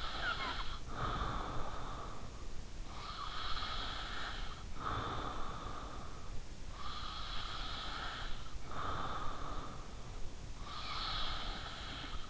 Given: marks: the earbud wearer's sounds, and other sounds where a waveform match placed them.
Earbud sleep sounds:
sounds in sleep by an in-ear microphone; breath
0.00-12.29 s: breath

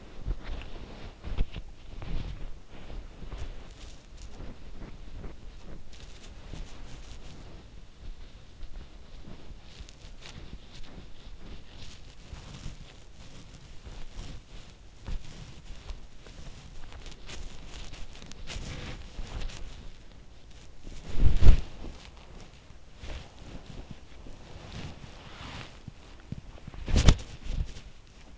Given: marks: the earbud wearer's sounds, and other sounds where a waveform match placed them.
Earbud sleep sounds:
sounds in sleep by an in-ear microphone; body movement
0.00-28.38 s: body movement

